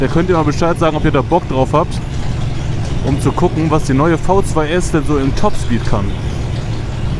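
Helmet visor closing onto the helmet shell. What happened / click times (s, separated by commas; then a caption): Not seated yet: no click, only talk over engine and wind rumble / none. A rider sits on his Ducati motorcycle and reaches to close his helmet visor onto the helmet shell while someone talks over a steady low engine and road hum. Nothing has clicked or seated yet: the visor is still being handled and has not shut.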